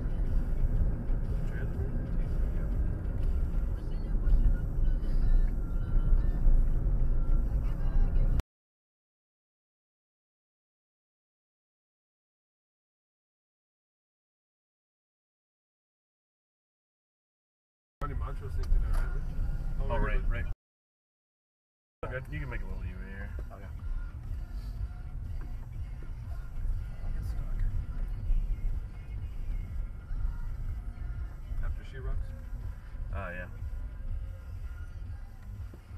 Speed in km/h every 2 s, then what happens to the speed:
58, 53, 50, 47, 47, 55, 47, 31, 16, 13, 21, 13, 13, 16, 13, 11, 10, 6.
0-6 slows to 47. 10-17 brakes to 13. 21-23 brakes to 13. 27-36 slows to 6.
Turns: 16-19, 28-34.